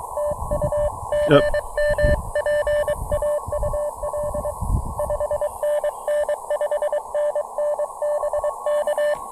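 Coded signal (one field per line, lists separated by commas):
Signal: Morse code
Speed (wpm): 22 wpm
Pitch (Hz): 620 Hz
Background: radio noise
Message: TU GM PAUL 5NN 5NN BK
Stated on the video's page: QRP CW POTA park activation with an Elecraft KX2, Bamatech TP-III paddles, Packtenna Mini EFHW antenna and Elecraft AX1.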